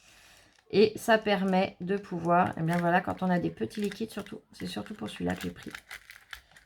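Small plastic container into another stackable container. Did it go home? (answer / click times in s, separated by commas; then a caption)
no / none. Small stackable plastic containers for scrapbooking liquids are handled and pressed toward each other to nest and lock, while someone talks throughout, with faint crinkling and a few brief taps near the end. Nothing has seated or clicked yet; the containers are not yet home when the clip ends.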